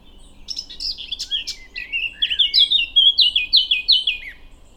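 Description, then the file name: Eurasian blackcap song: a quick scratchy twittering start, then loud clear fluting phrases, several similar rising-falling whistles repeated at the end. "Sylvia atricapilla"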